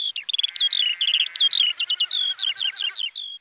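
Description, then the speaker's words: Eurasian skylark song: a rapid cascade of high chirps, trills and short whistled notes, varied and nearly continuous. Red-listed in the UK and declining with habitat loss; heard near farmland, a cascading flow of tunes and phrases given while soaring to around 1,000 feet. "The second of our precious sounds is the song of the skylark."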